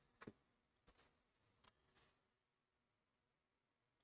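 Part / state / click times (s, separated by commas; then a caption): plastic model part into helicopter model engine assembly / not seated / none. A plastic part of an Apache helicopter model kit is handled at its keyed slot during engine assembly. Soft handling taps and rustles come at about 0.3, 0.9, 1.7 and 2.0 s, then it goes quiet. Nothing has seated or clicked yet, as the part has not gone home.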